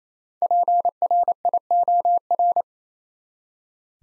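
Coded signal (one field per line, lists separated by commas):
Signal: Morse code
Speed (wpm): 28 wpm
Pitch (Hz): 700 Hz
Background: none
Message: PRIOR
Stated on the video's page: Morse code practice at 28 wpm, building 5-letter words one letter at a time.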